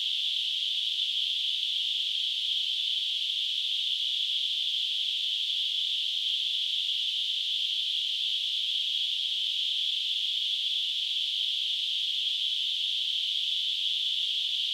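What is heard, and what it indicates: A steady, unbroken high-pitched hiss centred around 3–4 kHz, like narrow-band noise, holds at constant loudness for about 15 seconds. It is a simulation of tinnitus, the constant ringing or hissing heard in the ears without an outside source.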